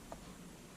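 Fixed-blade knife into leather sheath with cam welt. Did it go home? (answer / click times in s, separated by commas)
yes / 0.1 s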